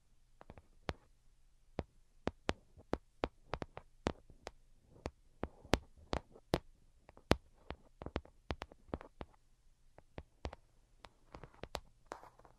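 Light, delicate tapping, a quick series of sharp, crisp taps at an uneven pace, roughly three per second, some louder than others. A faint steady low hum runs underneath throughout, and a few soft rustles appear near the end.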